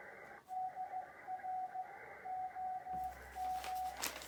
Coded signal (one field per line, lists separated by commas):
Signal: Morse code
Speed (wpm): 15 wpm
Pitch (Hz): 740 Hz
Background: none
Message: DROM